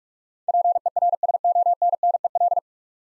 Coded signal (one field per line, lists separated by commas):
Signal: Morse code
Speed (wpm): 44 wpm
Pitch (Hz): 700 Hz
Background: none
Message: PERSONNEL